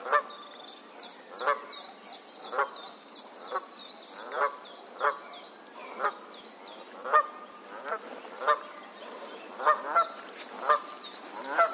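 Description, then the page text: Canada goose honking, loud nasal honks repeated roughly every second, with high, thin chirping calls running throughout the background. "Herman van der Meer - Канадская казарка (Branta canadensis)"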